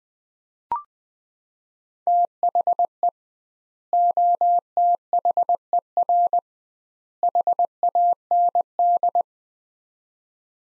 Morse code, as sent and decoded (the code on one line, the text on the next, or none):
- .... . / --- - .... . .-. / .... .- -. -..
THE OTHER HAND